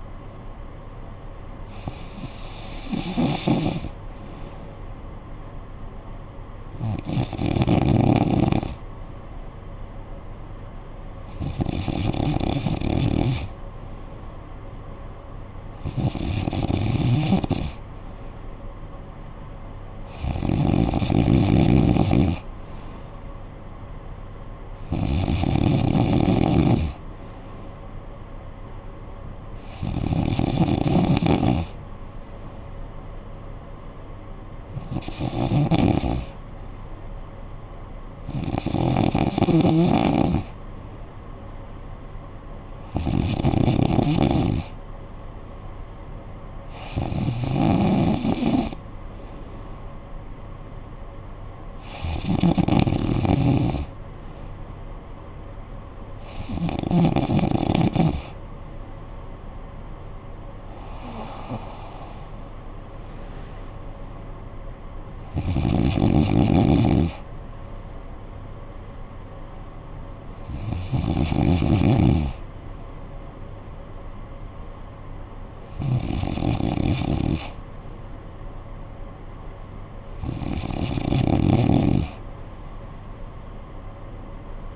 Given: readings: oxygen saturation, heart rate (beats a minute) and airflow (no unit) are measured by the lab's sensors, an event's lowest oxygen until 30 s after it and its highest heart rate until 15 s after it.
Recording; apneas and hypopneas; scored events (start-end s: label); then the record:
breathing in sleep by a smartphone at the bedside; none
none scored
From the record:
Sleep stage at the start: N2 (light sleep); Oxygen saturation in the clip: 93 to 94%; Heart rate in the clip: 53 to 69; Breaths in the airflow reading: 18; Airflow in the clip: -10.4 to 7.9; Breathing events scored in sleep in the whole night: 445 in 7.6 hours asleep